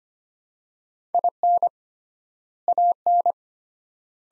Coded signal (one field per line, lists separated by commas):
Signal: Morse code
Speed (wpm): 25 wpm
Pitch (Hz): 700 Hz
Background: none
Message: IN AN